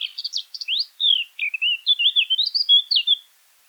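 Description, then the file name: Eurasian blackcap song, a short chattering start breaking into loud, clear, slurred whistles that rise and fall, ending abruptly. "Sylvia atricapilla"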